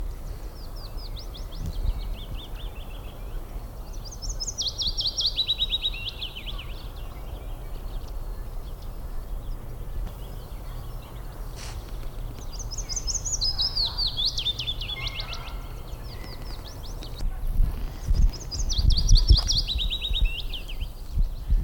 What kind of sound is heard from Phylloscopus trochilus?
song